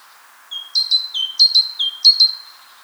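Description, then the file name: Great tit song phrase: several quick units of a bright high note followed by a lower whistled note, delivered in a brisk, even rhythm. "Parus major"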